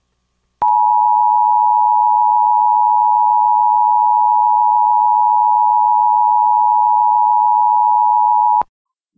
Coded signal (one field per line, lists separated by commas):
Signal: Emergency Alert System (SAME) tones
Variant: 853 and 960 Hz attention tone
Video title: EAS Reenactment Mock: EWX Warning Alarm Test on WXK27